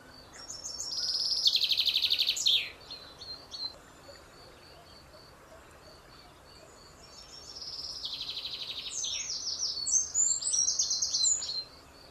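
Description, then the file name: Common chaffinch delivering two song phrases, each a rattling cascading trill with an emphatic ending, the second phrase followed by extra high chirping notes. "Fringilla coelebs"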